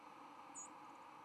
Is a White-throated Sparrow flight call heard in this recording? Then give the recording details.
no. Another species' flight call is heard. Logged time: 09:52 on 10 November 2014